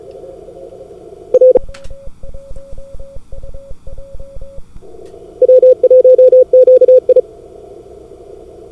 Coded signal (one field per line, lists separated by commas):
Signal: Morse code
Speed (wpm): 34 wpm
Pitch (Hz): 510 Hz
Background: none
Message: R W1QI